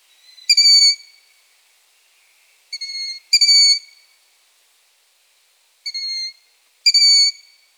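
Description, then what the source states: Long-eared owl chicks calling with drawn-out squeaks that dip slightly in pitch, five calls scattered unevenly, some in close pairs. Young long-eared owls (chicks) calling.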